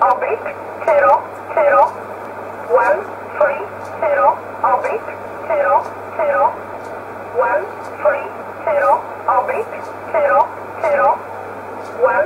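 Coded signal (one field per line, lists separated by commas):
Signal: numbers station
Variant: E11 Oblique, English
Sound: a voice reading short numbers at an even pace over shortwave noise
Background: radio static, low hum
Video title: 25 09 2018 E11 Oblique Numbers station in English to Eu 1140 on 15915 unknown tx site in USB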